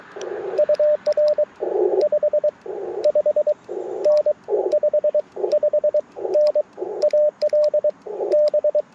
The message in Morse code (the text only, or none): UR 55N 55N AL B